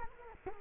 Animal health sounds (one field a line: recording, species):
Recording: mosquito wingbeat signal from an infrared sensor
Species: Culex quinquefasciatus